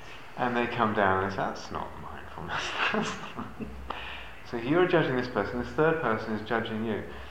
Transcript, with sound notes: And they come down and say, "That's not mindfulness. That's ..." [laughs] So you're judging this person. A third person is judging you.